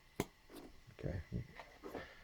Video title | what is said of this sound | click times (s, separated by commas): Repairing 2001 Dodge Neon Timing Belt and Head | the other one I'm going to show you it it's going to snap back on okay | 0.2 s